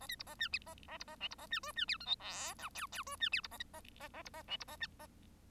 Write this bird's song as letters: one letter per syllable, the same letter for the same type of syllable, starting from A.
A B C A D A A C A E C A D F D G H I J K L L F D G C A A A A C A E C A